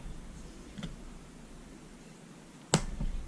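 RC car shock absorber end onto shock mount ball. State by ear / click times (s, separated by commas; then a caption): seated / 2.7 s. On a Traxxas LaTrax Teton RC car during front and rear differential maintenance, the shock absorber's plastic end is pressed straight onto the small shock mount ball. A faint tick comes at 0.8 s, then one sharp, bright click at 2.7 s as the end snaps on and seats onto the ball.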